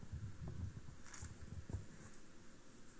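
Electric fans blow steadily, constantly blowing the pages about, producing a low, rumbling whoosh with uneven buffeting gusts, broken by a couple of brief, crackly rustles partway through. No one speaks.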